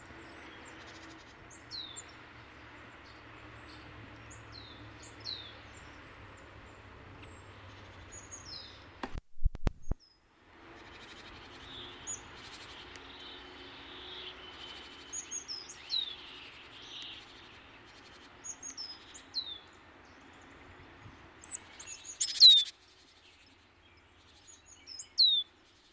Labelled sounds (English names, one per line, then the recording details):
Great Tit song
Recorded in the wild
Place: Kaiserslautern, Rheinland-Pfalz, DE
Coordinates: 49.4283, 7.77889
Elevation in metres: 279
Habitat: garden
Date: 1977-03-07
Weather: sonnig, warm
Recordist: Tretzel, Erwin